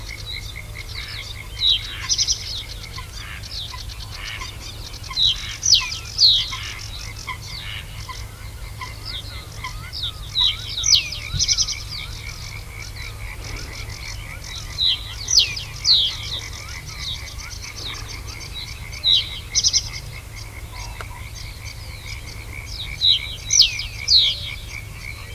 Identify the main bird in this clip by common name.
Reed Bunting